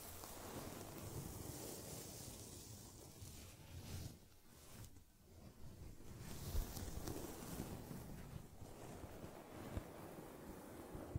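Teddy bear care: a steady, dense rubbing and brushing against soft fur fills the clip, low and rumbly with a faint hiss on top. The sound thins out briefly around the fourth and fifth seconds, and a couple of small taps appear later.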